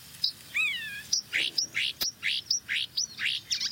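A young starling calls in a steady run of about eight high, raspy chirps, each a short rising burst, after an opening whistled note; a single sharp click cuts in midway.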